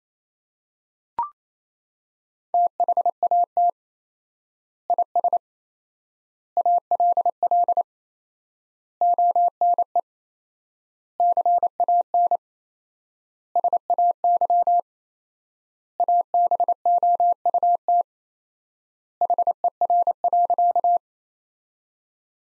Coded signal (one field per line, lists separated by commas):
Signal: Morse code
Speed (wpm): 28 wpm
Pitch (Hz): 700 Hz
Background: none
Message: THAT IS ALL ONE CAN SAY ABOUT HER.